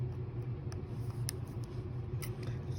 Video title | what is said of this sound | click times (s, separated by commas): How to restore iPhone XS max screen replacement True Tone - iPhone XS max True Tone - True Tone | okay so you should be able to hear some kind of click when you snap the connector in | 1.3 s